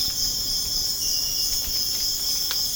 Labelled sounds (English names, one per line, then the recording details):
none
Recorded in pastures near Puerto Asís, Putumayo, Colombia, on 25 June 2025 at 04:30
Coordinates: 0.496, -76.326
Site GP01